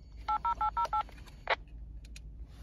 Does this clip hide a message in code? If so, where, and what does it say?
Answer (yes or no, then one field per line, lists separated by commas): yes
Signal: DTMF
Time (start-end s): 0.3-1.0 s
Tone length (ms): 110 ms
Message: 80808